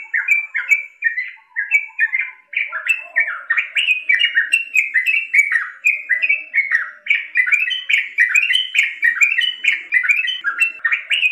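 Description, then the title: Yellow-vented bulbul song: rapid, continuous stream of bubbly, chattering downslurred notes, repeated throughout, with faint lower sounds behind. Ropel song style. "Trucukan Ropel"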